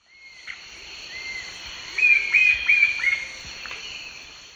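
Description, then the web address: Cream-colored woodpecker calls: a series of short, ringing, slightly falling notes repeated quickly, with a steady high drone behind. Recorded in the eastern lowlands of South America. "Natures Songs S America Eastern Lowlands. Cream-colored Woodpecker"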